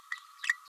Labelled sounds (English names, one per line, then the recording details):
Green-rumped Parrotlet babbling
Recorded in a nest box in Venezuela
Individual 18B104A5